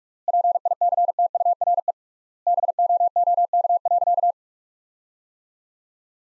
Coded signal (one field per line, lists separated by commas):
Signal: Morse code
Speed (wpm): 46 wpm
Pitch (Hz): 700 Hz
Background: none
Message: PICTURE BOOK.